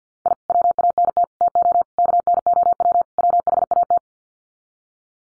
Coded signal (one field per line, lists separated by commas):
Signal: Morse code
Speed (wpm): 50 wpm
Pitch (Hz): 700 Hz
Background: none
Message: I WANT TO KNOW WHAT